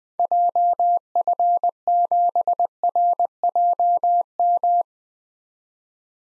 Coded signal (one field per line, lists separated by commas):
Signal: Morse code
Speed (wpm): 20 wpm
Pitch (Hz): 700 Hz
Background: none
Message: JF7RJM